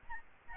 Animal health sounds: mosquito wingbeat signal from an infrared sensor; Aedes albopictus

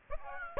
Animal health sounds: mosquito wingbeat signal from an infrared sensor; Aedes aegypti

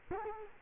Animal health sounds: mosquito wingbeat signal from an infrared sensor; Culex quinquefasciatus

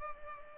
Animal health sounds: mosquito wingbeat signal from an infrared sensor; Culex pipiens

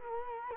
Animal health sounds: mosquito wingbeat signal from an infrared sensor; Culex quinquefasciatus

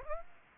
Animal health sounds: mosquito wingbeat signal from an infrared sensor; Aedes aegypti

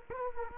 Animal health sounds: mosquito wingbeat signal from an infrared sensor; Culex quinquefasciatus

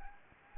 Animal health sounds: mosquito wingbeat signal from an infrared sensor; Anopheles gambiae

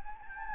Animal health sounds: mosquito wingbeat signal from an infrared sensor; Anopheles gambiae

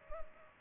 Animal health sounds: mosquito wingbeat signal from an infrared sensor; Culex pipiens

